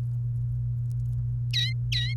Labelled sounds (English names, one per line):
Domestic Canary song